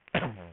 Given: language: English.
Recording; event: throat vibration sensor signal played as sound; cough